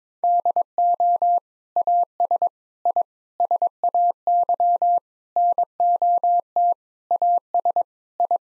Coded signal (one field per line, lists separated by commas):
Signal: Morse code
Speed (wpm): 21 wpm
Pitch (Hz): 700 Hz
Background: none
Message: DO AS I SAY NOT AS I